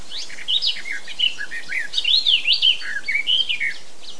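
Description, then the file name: Eurasian blackcap producing a smooth, flowing warble of looping, slurred whistled notes, steady and clear across the whole stretch. "Sylvia atricapilla"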